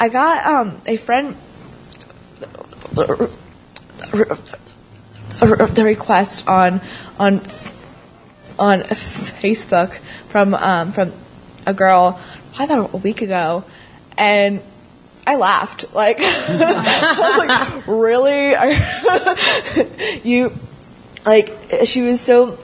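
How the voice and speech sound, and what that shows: A young woman tells a short story with frequent stuttering. There is a four-second stall early on, stretched sounds, repeated 'n' onsets with abrupt glottal restarts, and a restart of 'from'. Each break is followed by a run of fluent phrases, a typical pattern of stuttering.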